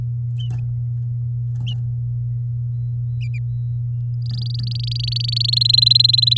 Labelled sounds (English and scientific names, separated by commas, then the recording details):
Domestic Canary (Serinus canaria) song
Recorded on 8 May 2018 at 07:11
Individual llb16